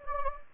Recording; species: mosquito wingbeat signal from an infrared sensor; Anopheles gambiae